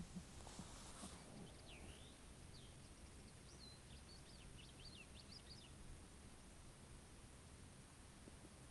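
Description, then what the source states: Bird song: a run of faint, high, swooping whistled notes in the first half, then only steady low background rumble. Morning at a desert camp in Morocco.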